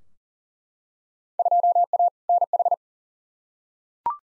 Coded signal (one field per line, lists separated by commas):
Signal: Morse code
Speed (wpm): 40 wpm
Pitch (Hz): 700 Hz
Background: none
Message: 2A NH